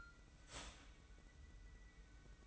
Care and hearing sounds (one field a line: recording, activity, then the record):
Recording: daily activity, microphone in the room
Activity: start toaster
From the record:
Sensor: 1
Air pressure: 990.7 hPa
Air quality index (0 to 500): 144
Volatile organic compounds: 867 ppm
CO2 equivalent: 5183 ppm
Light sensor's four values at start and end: 25/59/25/27 and 25/59/25/27